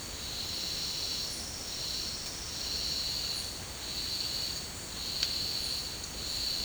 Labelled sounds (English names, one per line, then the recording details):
none
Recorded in dense forest near Puerto Asís, Putumayo, Colombia, on 24 March 2025 at 11:00
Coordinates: 0.485, -76.318
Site G056